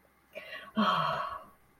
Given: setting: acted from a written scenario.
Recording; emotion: vocal sound without words; relief